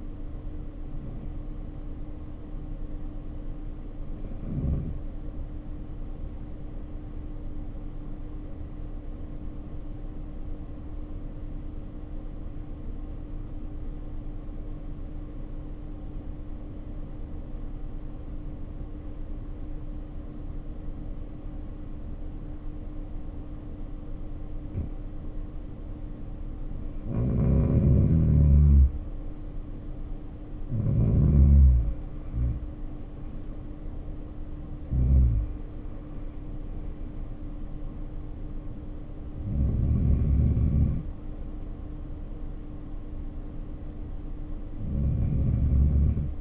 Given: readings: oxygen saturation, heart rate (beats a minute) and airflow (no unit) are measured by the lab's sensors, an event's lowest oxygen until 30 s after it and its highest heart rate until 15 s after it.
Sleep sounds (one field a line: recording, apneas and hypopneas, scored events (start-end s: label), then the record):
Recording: breathing in sleep by a smartphone at the bedside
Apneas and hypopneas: 1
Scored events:
5.00-34.60 s: obstructive apnea (REM, oxygen 94% highest, then 81% lowest, heart rate 55 at the start, 64 highest)
5.00-46.41 s: new sleep stage, REM sleep
From the record:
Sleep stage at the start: N1 (lightest sleep)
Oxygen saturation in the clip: 82 to 94%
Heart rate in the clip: 51 to 64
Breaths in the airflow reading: 4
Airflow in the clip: -2.1 to 1.6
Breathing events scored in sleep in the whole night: 520 in 7.2 hours asleep